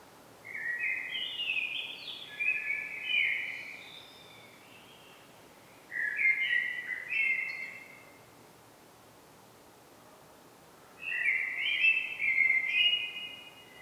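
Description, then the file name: Common blackbird singing three separate warbled, fluty phrases spaced about five seconds apart, each short and varied, against faint steady background noise. "Turdus merula"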